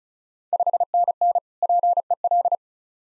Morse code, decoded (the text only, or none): 5NN PEL